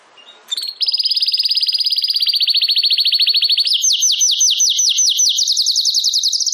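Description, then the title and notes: Domestic canary song: one long, very rapid rolling trill, then slower swooping repeated notes, and a quicker trill again at the end. Belgian canary singing in the campainha song style. "Canário Belga Campainha Canary Singing. Canario Belga Cantando"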